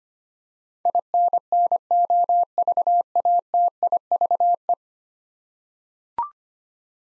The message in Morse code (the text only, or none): INNOVATIVE